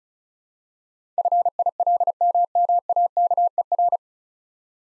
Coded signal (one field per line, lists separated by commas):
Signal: Morse code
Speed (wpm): 36 wpm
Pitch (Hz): 700 Hz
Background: none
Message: FILMMAKER